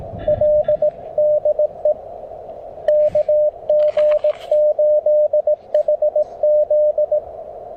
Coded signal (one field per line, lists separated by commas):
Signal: Morse code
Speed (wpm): 20 wpm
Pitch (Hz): 600 Hz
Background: radio noise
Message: L DE KG8HZ